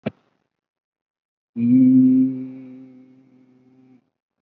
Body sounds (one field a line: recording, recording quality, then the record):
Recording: sustained vowel as in beet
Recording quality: excellent, no background noise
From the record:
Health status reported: COVID-19 positive, mild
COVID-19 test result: positive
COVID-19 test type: RT-PCR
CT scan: not taken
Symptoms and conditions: fever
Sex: male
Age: 34 years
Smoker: no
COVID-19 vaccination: one dose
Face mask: not worn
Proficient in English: no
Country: India